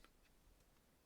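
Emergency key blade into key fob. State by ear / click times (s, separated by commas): seated / 0.0 s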